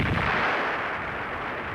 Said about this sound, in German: Die leise Explosion in der Ferne.